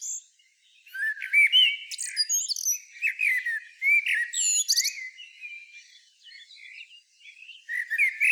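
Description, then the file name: Common blackbird delivering a near-continuous run of fluty warbled notes broken by sharp, very high squeaky twitters and chirps. "Turdus merula"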